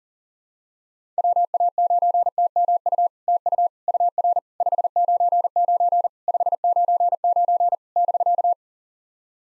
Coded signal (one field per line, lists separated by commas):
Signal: Morse code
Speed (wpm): 40 wpm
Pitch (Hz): 700 Hz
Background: none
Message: WA9TMU TU UR 599 599 <BK>